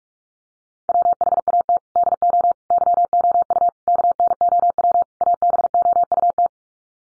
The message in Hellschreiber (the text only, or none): none